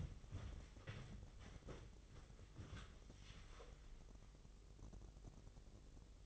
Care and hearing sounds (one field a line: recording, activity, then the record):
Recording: daily activity, microphone in the room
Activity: wipe stove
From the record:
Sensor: 4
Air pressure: 996.9 hPa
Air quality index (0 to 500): 92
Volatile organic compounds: 5 ppm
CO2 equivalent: 1802 ppm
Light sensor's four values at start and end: 17/48/18/19 and 17/47/17/19